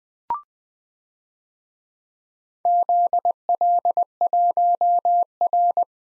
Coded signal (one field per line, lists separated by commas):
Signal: Morse code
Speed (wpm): 20 wpm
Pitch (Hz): 700 Hz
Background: none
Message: ZL1R